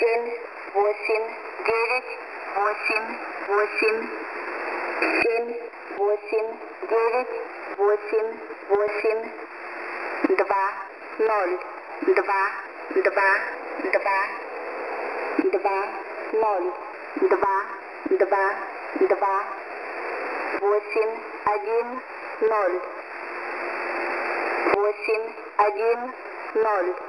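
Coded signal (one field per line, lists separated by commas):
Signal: numbers station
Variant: S06s, Russian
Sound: female voice reading Russian numbers evenly, one word at a time, over shortwave hiss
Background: radio static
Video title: S06s 03/01/2022 8057kHz 0830 UTC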